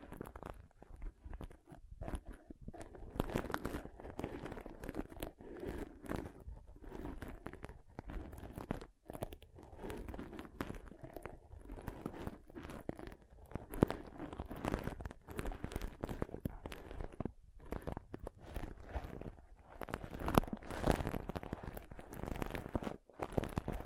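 Pom pom tingles: soft, fluffy rustling and crinkly scratching that keeps going almost without pause for the whole stretch. The texture is dense and crunchy, swelling and easing in uneven strokes, broken only by a few brief silent gaps, around 9, 17 and 23 seconds.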